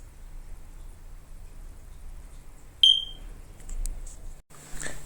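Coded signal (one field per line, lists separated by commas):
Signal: alarm pattern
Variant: smoke detector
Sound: one brief high-pitched chirp in a quiet room, then faint rustling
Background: quiet room, faint rustling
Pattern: 1 short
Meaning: A single periodic chirp means the smoke alarm battery needs changing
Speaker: how to change the fire alarm battery when it's making that beep sound because that means the battery needs changing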